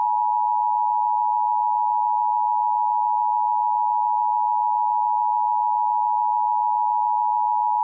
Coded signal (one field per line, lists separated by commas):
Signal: Emergency Alert System (SAME) tones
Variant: 853 and 960 Hz attention tone